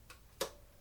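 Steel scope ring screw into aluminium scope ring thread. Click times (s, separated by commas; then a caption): 0.4 s. A steel scope-ring screw is turned backwards in an aluminium scope ring, part of a Remington 700 SPS build with an E2 scope, so it can be driven forwards without cross-threading. A faint tick at 0.1 s is followed by a sharper, louder click at 0.4 s as the screw drops into the start of the thread. The screw is seated in the thread start.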